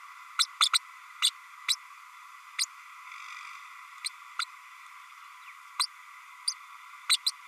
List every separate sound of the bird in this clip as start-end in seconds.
0.38-0.45, 0.60-0.69, 0.73-0.79, 1.22-1.30, 1.68-1.75, 2.58-2.65, 4.04-4.09, 4.39-4.45, 5.79-5.86, 6.47-6.52, 7.09-7.18, 7.26-7.31